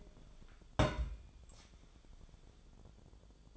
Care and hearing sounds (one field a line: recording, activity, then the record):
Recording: daily activity, microphone in the room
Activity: place on stove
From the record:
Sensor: 5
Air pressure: 1010.1 hPa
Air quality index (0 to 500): 145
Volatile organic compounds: 3 ppm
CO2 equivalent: 1414 ppm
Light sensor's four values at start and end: 254/621/264/290 and 254/620/264/290